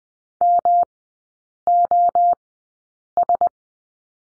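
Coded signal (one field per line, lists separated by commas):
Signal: Morse code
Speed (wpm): 20 wpm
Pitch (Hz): 700 Hz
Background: none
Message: MOS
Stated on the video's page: Morse code course lesson on the letter F, three-character groups at Farnsworth speed 20/10 wpm.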